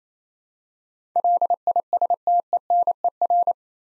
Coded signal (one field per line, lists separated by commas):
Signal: Morse code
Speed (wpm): 27 wpm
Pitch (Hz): 700 Hz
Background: none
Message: LISTENER